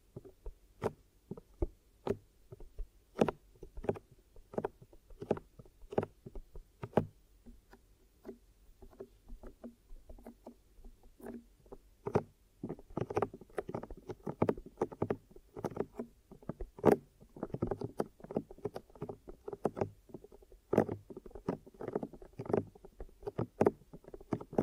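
Ear massage and cleaning: a run of sharp, wet clicks and soft pops at an uneven pace, sparse for the first twelve seconds, then thicker and busier toward the end. A low, steady hum sits underneath throughout.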